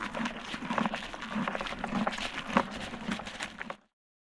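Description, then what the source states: Horse chewing, a run of crunches that stops abruptly into silence. Eating grain from a bucket.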